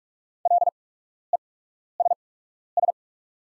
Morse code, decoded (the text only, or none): LESS